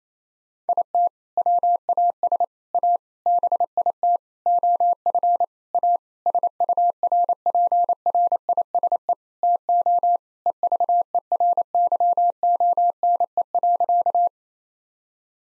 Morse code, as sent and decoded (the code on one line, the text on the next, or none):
.. - / .-- .- ... / .- / -... .. - / --- ..-. / .- / ... ..- .-. .--. .-. .. ... . / - --- / . ...- . .-. -.-- --- -. . .-.-.-
IT WAS A BIT OF A SURPRISE TO EVERYONE.